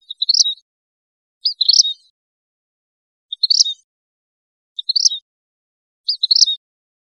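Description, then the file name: Vermilion flycatcher: five short high phrases of quick sharp notes, repeated about every one and a half seconds, in otherwise quiet surroundings. Recorded in Costa Rica. "CR VEFL"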